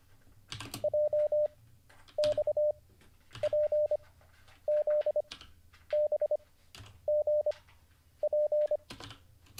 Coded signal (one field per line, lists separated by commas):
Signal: Morse code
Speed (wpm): 25 wpm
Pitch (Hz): 600 Hz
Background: none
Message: JXPZBGP